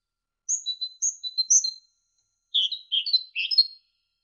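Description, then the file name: Great tit song of thin, high whistled chirps in a short phrase, followed by a busier cluster of sharper, lower twittering notes. Training ('masteran') recording for songbirds. "suara masteran great tit"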